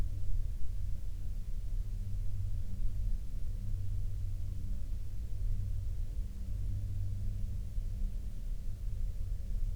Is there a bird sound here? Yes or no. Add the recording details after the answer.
no. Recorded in the Prudhoe Bay oil fields, Alaska, on 19 July 2019 at 14:23. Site 16